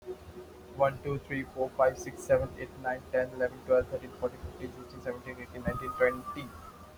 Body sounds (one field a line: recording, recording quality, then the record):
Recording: counting at a normal pace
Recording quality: moderate, slight background noise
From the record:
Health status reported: healthy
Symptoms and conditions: none ticked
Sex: male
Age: 26 years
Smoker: not ticked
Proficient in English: yes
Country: India